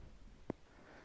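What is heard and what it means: The seat lid of an Aprilia SR200 GT scooter is pressed down over a small full-face helmet placed upside down in the under-seat storage. A single sharp latch click at 0.5 s marks the seat catching on the frame. The lid latches shut even though the helmet presses up against the seat, touching at its visor/spoiler.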